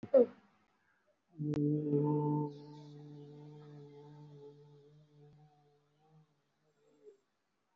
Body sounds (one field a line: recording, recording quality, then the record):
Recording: sustained vowel as in boot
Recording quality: moderate, slight background noise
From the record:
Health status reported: respiratory illness, not identified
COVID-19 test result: negative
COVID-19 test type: RT-PCR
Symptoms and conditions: breathing difficulty, chronic lung disease, hypertension, diabetes, ischaemic heart disease, another condition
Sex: male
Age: 64 years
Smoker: yes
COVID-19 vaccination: both doses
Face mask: worn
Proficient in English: yes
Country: India